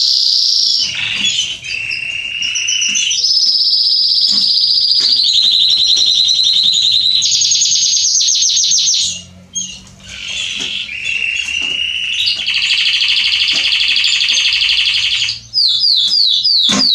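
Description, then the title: Canary delivering long varied song: high trills, lower rolling tours, a short break, more buzzy trills, and a series of fast falling chirps. Male Belgian canary singing a lot, used to warm up and train young canaries. "Canary Training Esquente Seu Filhote E Canario Belga Macho Cantando Muito. CANTO DO CANRIO"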